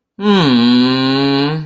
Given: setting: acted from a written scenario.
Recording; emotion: vocal sound without words; sympathy